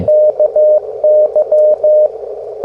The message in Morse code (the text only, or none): KY